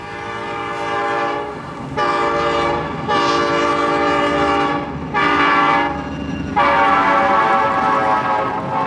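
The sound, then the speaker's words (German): A train horn blares in a series of long, harmonic blasts, pausing briefly between them, over the steady low rumble of a morning train to Kiev rolling along the rails. No one speaks. “Also, im Zug lese ich ihre Zeitung,”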